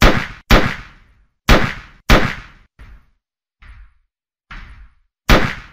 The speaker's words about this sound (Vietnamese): Nhiều tiếng nổ súng cùng một lúc làm cho trời đất vang vọng.